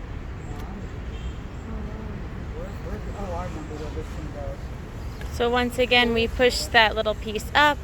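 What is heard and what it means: A garden hose end is being lined up with a quick-connect coupling of a watering system, handled before it is pushed in, over steady low background noise with a faint vehicle-like rumble. Someone talks, more loudly from about 5.3 s to the end. The hose has not clicked into place yet.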